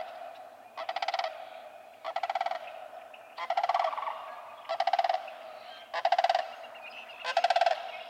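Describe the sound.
Sandhill crane giving six harsh, rolling rattled calls, one roughly every 1.3 seconds, each a pulsing trill of similar pitch.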